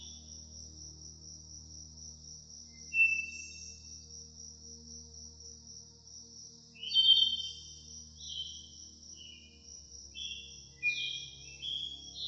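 Birds chirp in short, bright bursts around three seconds, again near seven, and in a busier run toward the end, over a constant high insect-like hiss. Beneath them, a soft, low sustained tone holds steady throughout like gentle background music.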